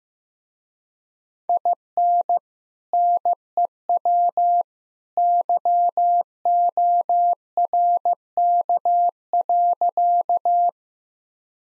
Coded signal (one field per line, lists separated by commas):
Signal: Morse code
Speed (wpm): 15 wpm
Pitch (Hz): 700 Hz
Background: none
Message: IN NEW YORK.